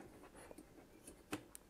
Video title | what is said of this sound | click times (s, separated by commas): Thermalright Classic SI 100 Low Profile CPU Cooler AM4 AM5 Install Guide | there's that little click | 1.3 s